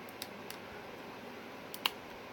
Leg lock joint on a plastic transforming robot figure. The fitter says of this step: there we go I heard that clickety I like that clickety everybody